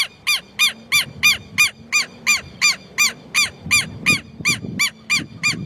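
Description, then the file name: Southern lapwing giving loud, harsh, ringing notes repeated steadily about three times a second, with a low hum and faint rustling beneath. "canto do quero quero"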